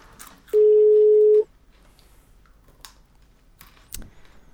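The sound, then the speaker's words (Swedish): A telephone ringing tone sounds once as a steady, loud, mid-pitched beep lasting about a second, followed by quiet line hiss and a few faint clicks. “vi ringer Joakim Karlsson på hans rätta nummer”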